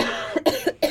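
Three or four quick, harsh throat-clearing coughs in under a second from an adult woman with a respiratory infection and an acute ear infection. She has been ill at home for 16 days, has taken 10 days of antibiotics, and coughs every day.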